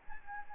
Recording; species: mosquito wingbeat signal from an infrared sensor; Aedes albopictus